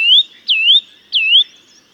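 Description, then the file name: Eurasian nuthatch calling with three clear whistled notes, each a rising slur, the last two opening with a quick downward swoop. "Sitta europaea"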